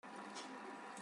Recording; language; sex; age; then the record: short text; Brazilian Portuguese; female; 40 to 49 years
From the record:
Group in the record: control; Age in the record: 47 years